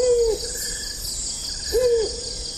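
Malay fish owl giving two short, slightly arched whistled hoots about a second and a half apart, against a steady high insect drone.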